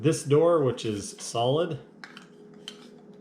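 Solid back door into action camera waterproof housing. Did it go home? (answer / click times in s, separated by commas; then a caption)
yes / 2.0 s, 2.7 s. Someone talks while the frame on the back of a plastic HERO7 Black action camera's waterproof housing is swapped for a solid back door. The door is pressed onto the housing and gives sharp plastic clicks at 2.0 and 2.7 seconds as it snaps into place, seated.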